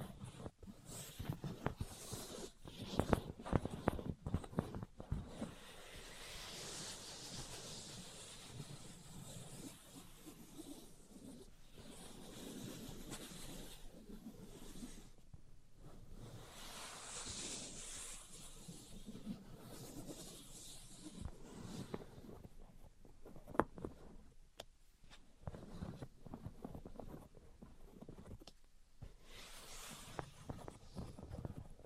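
Tapping, scratching and tracing sounds in irregular bursts, with dense sharp taps around the first five seconds and soft hissing strokes between.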